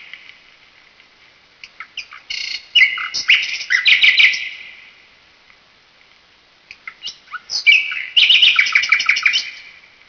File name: Bülbül